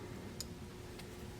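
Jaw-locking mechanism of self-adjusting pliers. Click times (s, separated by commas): 0.4 s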